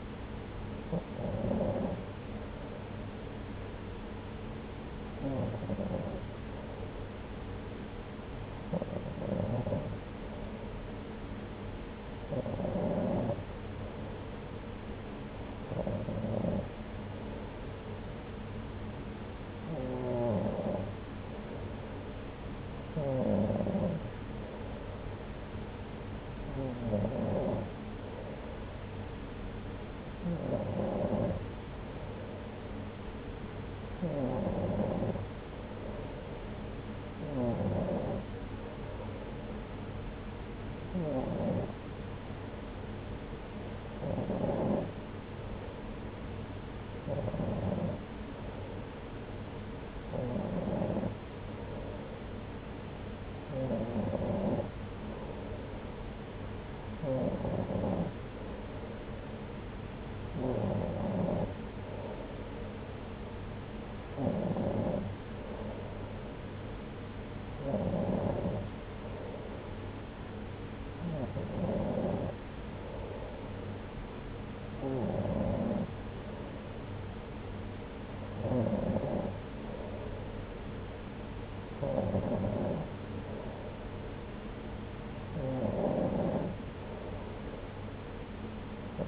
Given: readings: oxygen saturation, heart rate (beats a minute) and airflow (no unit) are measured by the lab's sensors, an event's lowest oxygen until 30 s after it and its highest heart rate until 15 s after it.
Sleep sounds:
breathing in sleep by a voice recorder at the bedside; none
none scored
From the record:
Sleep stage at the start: N2 (light sleep); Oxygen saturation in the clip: 93 to 94%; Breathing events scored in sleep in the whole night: 303 in 8.1 hours asleep

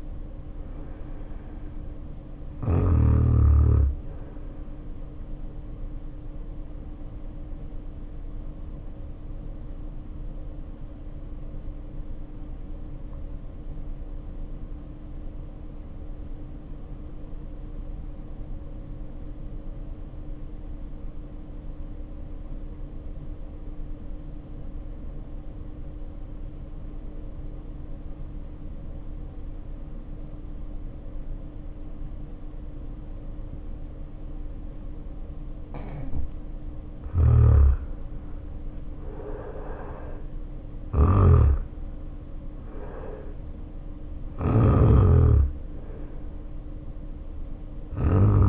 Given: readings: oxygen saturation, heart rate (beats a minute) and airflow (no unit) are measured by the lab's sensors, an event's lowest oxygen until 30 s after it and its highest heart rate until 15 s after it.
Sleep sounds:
breathing in sleep by a smartphone at the bedside; 1
11.00-37.50 s: hypopnea (N1, oxygen 95% highest, then 75% lowest, heart rate 51 at the start, 70 highest)
From the record:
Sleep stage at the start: N1 (lightest sleep); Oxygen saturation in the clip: 80 to 95%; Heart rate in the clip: 51 to 70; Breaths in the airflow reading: 18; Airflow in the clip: -0.6 to 0.7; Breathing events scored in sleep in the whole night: 520 in 7.2 hours asleep

